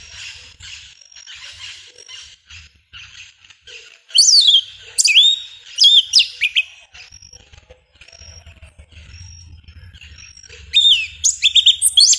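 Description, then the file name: Yellow-legged thrush song over a faint low hum: loud high slurred and chirping phrases in bursts, separated by thin quiet notes. "Canto do sabia una"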